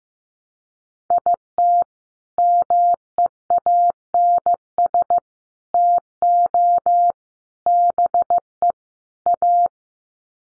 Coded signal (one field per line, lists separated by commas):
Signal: Morse code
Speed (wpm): 15 wpm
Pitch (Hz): 700 Hz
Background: none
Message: IT MEANS TO BE A